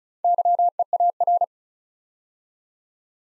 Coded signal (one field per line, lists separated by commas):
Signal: Morse code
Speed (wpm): 36 wpm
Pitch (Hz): 700 Hz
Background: none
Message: YEAR